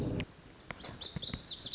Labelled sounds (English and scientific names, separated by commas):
Lazuli Bunting (Passerina amoena)